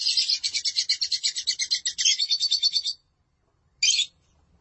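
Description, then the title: Lovebird chatter: rapid, rhythmic high-pitched twittering for about three seconds, a short silence, then one brief squeaky burst. "Suara Burung Lovebird"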